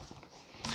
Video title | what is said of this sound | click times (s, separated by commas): FishTalk Live with Ron Demers- Episode #43 DIY - Build Internal Canister Filter | a round bucket and this lid snaps into place and | 0.6 s